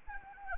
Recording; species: mosquito wingbeat signal from an infrared sensor; Anopheles arabiensis